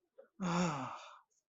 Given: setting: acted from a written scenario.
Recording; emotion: vocal sound without words; relief